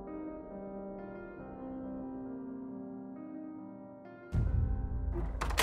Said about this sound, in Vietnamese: Hai mẹ con đang ôm nhau khóc thì bỗng dưng rầm lên một cái, cánh cửa mở tung ra.